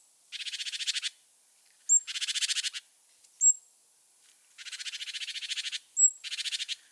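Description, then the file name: Great tit churring, scolding buzzy rattles in long bursts alternating with single sharp high whistled notes. "Parus major"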